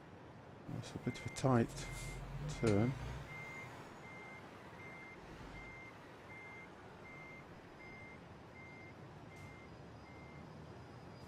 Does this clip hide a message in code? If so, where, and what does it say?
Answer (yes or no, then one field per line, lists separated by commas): no